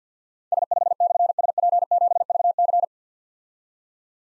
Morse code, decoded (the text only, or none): S5/SP7VC